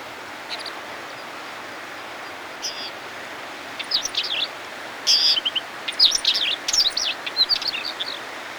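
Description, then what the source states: Bird song of high, thin chirps and short twittering phrases, sparse at first and then denser and louder in the second half, over a steady low hiss. Recorded in snow.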